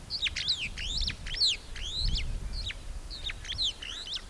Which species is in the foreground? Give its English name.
Superb Starling